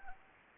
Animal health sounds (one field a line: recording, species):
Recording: mosquito wingbeat signal from an infrared sensor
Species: Anopheles arabiensis